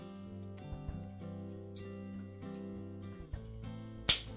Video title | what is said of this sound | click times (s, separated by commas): Frigidaire Refrigerator Repair - How to Replace the Lower Crisper Cover | Short snapped into place. | 4.1 s